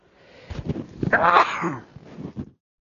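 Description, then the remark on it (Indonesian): A person sneezes once, a sharp, noisy burst at mid-clip, surrounded by breathy intakes and short rustling sounds, with no talking. “Alhamdulillah. Ya rahmatullah. Yahdikumullah wa yuslihu balakum.”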